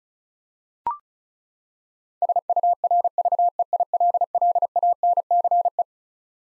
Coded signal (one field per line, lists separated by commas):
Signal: Morse code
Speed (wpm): 36 wpm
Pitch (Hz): 700 Hz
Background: none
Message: SURVEILLANCE